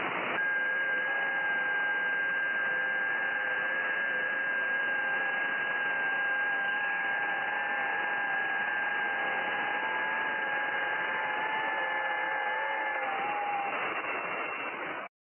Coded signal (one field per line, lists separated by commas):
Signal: FT8